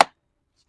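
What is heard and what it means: The bottom frame joint of a TernX travel stroller is pushed into place. A single sharp, bright click sounds at 0.0 s and decays within about a tenth of a second, followed by near silence. The bottom frame is confirmed clicked and seated.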